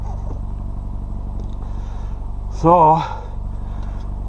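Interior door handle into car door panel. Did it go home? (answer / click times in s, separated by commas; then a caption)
no / none. A plastic interior passenger-side door handle for a 2011 Mitsubishi Eclipse is handled and lined up so its knobs match the small holes in the car door panel before fitting. A steady low hum runs throughout, with a faint tap at 1.6 s, and someone talks briefly around 2.6–3.0 s. Nothing has seated or clicked yet.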